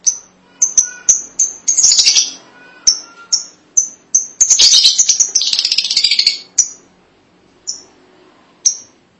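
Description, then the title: Lovebird calling: quick sharp high chirps in series with two bursts of harsh rapid chattering, tapering to occasional chirps. "BM Suara Burung Lovebird"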